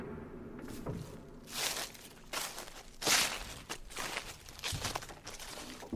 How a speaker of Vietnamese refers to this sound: An Nùng bất chợt nghe có tiếng sột xà sột soạt, là tiếng bước chân lúc nhanh lúc chậm